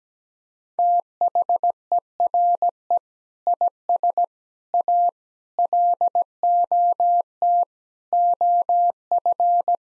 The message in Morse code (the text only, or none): THERE IS A LOT OF